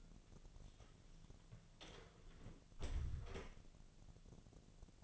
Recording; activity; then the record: daily activity, microphone in the room; close door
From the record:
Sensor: 4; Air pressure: 1001.3 hPa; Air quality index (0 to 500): 184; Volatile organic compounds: 2 ppm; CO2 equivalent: 1310 ppm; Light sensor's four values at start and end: 14/33/13/14 and 16/38/15/16